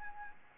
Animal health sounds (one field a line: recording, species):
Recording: mosquito wingbeat signal from an infrared sensor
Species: Anopheles arabiensis